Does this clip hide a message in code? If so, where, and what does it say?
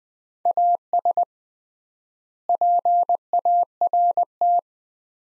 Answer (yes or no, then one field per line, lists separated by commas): yes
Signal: Morse code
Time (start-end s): 0.5-4.6 s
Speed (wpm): 21 wpm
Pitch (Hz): 700 Hz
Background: none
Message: AS PART